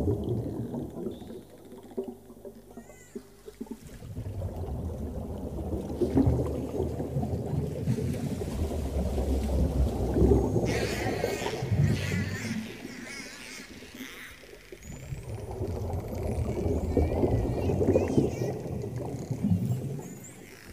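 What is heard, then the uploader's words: Whales and dolphins sing underwater, low moaning calls rising and falling in long swells that peak around 6–11 and 16–19 seconds with quieter gaps between. Thin whistles and clicking chirps flicker above the deep, murky drone, with a low rumble underneath throughout. Whale and Dolphin Sounds Underwater. Deep underwater whale and dolphin sounds.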